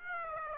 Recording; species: mosquito wingbeat signal from an infrared sensor; Aedes aegypti